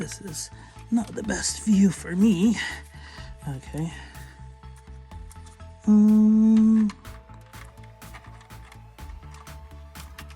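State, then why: Not seated. A plastic armour part for a FansHobby Orange Power Baser + Orange God Armour (Fireguts God Ginrai) combining transforming robot figure is handled and pressed toward place during combination, with music playing and someone talking. A loud steady tone runs from about 5.9 to 6.9 s, and light plastic handling taps follow. Nothing has seated or clicked yet.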